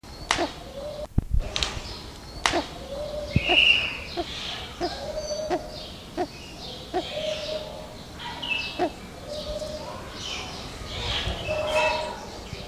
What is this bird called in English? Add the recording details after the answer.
Kagu. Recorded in captivity. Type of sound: call. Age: adult. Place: Zoo Berlin, Berlin, DE. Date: 1986-05-23 10:17. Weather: sonnig, 15°C. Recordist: Tembrock, Günter. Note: Lautfolge am Gitter zum Beobachter